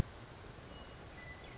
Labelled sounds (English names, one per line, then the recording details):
Western Meadowlark
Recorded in Sonoma County, California